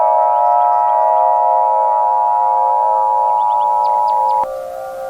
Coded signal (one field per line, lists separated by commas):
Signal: Emergency Alert System (SAME) tones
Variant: 853 and 960 Hz attention tone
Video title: EAS Sneak Peak #1